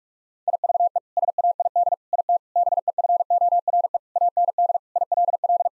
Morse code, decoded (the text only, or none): IVE SAID IT BEFORE AND ILL